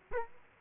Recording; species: mosquito wingbeat signal from an infrared sensor; Culex quinquefasciatus